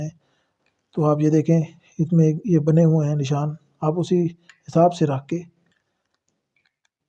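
A plastic trimmer attachment for a Kemei 10-in-1 multifunction beard trimmer kit is lined up by its marks and handled toward the grooming kit handle while someone talks. A few faint ticks follow near the end, but nothing has seated or clicked yet; the attachment is not yet home.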